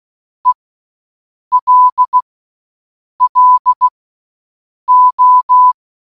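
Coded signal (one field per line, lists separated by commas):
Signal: Morse code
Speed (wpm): 16 wpm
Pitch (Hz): 1000 Hz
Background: none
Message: ELLO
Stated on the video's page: The word hello sent in Morse code, repeated for one hour.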